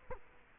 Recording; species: mosquito wingbeat signal from an infrared sensor; Culex quinquefasciatus